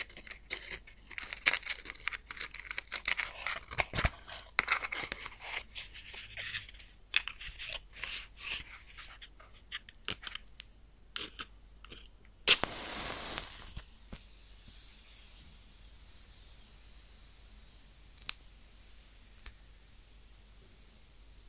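A match burns with dense, irregular crackles and snaps through the first twelve seconds. At about 12.5 seconds a sudden bright flare of hiss rises, then fades into a soft sizzle with only scattered ticks and a sharp pop near 18 seconds.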